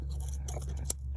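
A plastic wiring connector is pushed onto a fuel injector on the driver's side of a Dodge Ram 1500 during a valve cover gasket replacement. Soft plastic rubbing and small ticks lead up to one sharp click at 0.9 s, over a steady low hum. The connector is seated on the injector.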